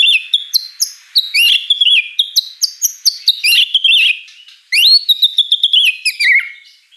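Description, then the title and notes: White-rumped shama song of loud, clear whistled notes, many falling in pitch, mixed with quick chirps and trilled runs, with a brief pause midway. Lure song: vigorous singing with a rich repertoire of inserted mimicry phrases. "Pancingan Gacor Murai Batu Bongkar Isian Mewah. Murai Batu Dongfeng"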